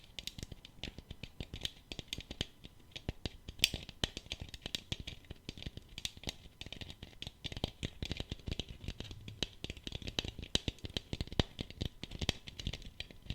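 Dense, rapid tapping clicks patter continuously with an uneven rattling rhythm, one sharper click near four seconds, and no talking throughout.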